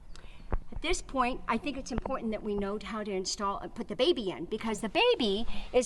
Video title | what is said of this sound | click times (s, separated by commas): FOX9 9PM MAY 18 2023 | and so we just come in here with your seat it's going to click just like this you're going to hear it click in it is installed correctly at that point | 0.2 s, 0.5 s